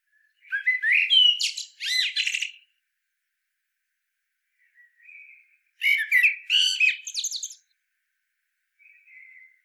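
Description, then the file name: Common blackbird delivering two warbled song phrases with high squeaky endings, with faint soft notes between and after them. "Turdus merula"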